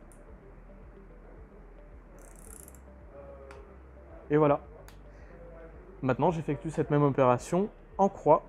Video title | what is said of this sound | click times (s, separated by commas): Montage Vélo à 80% par Alltricks | pouvoir maintenant procéder au serrage de ma vie avec ma clé dynamométrique jusqu'au clic et | 3.5 s